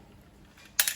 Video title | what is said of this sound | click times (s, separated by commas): Tailjack demo unboxing and adjustment | fall forward like that and locks in place. | 0.8 s